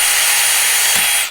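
A drill riveter attachment is setting a second pop rivet in a sheet metal hole, with the drill running as a steady broadband whir for about 1.2 seconds before it cuts off. The clip ends just before the part goes home, so the mandrel has not snapped and nothing has seated yet.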